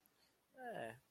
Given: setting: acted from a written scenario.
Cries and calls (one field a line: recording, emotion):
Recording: vocal sound without words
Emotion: sympathy